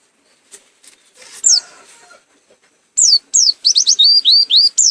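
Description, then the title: White-eye song: after faint clicks and a single high note, a quick run of high, sweeping whistled notes starts near the three-second mark and carries to the end. Endemic to East Java, recorded in Malang; referred to by its local name pleci, with a singing style called macok. "Burung Pleci Macok Endemik Jatim Malang"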